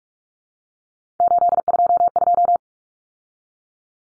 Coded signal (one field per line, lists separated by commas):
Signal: Morse code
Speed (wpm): 44 wpm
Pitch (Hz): 700 Hz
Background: none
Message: 822